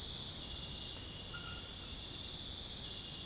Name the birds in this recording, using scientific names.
none